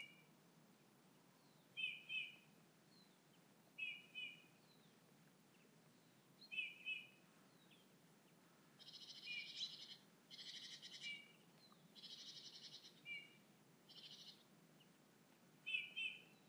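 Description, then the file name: Eurasian bullfinch calls: brief, soft, paired whistled notes repeated at intervals, with several buzzy bursts in the middle. "Pyrrhula pyrrhula"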